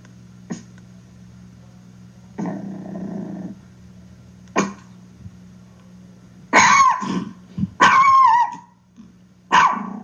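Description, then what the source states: Chihuahua barking: a few short yaps spaced irregularly and one longer rough burst, then a cluster of louder barks near the end, over a steady low hum. Small breed from Mexico, generally under 10 pounds, with big-dog attitude; described as barking a lot.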